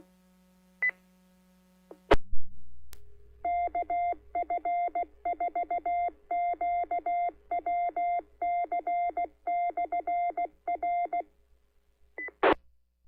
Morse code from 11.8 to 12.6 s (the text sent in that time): E